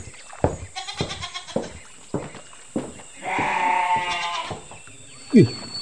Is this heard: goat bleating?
yes